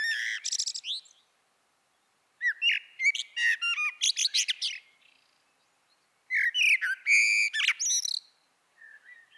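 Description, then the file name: Eurasian blackbird singing: three phrases of low fluted warbles and high squeaky twitters, the first already under way at the start, separated by pauses of one to two seconds, then the start of a fourth at the end; no other sounds. "Turdus merula"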